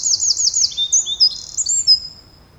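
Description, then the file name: Eurasian wren song: quick high trilled notes at the start, then a run of thin whistled notes ending in a fading high phrase. "Troglodytes troglodytes"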